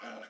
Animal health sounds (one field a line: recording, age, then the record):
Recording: pig call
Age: piglet (1 to 25 days)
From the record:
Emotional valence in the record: negative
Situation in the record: restrain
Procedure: in the arms of a person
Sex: female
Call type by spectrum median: low-frequency call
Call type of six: mixed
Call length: 0.30 s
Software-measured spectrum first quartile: 528 Hz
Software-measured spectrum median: 1031 Hz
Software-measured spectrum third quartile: 1815 Hz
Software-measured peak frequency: 723 Hz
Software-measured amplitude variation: 110 dB a second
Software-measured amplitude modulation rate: 24.9 a second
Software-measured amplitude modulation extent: 4.4 dB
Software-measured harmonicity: 0.6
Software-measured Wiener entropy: -0.76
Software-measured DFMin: 783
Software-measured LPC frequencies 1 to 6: 642, 1435, 2216, 3046, 4108, 5075 Hz